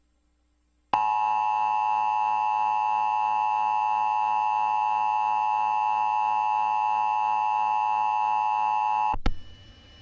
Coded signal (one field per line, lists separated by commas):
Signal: Emergency Alert System (SAME) tones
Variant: 853 and 960 Hz attention tone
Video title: Emergency Alert System